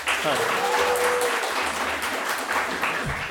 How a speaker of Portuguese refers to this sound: Uma salva de palmas pra B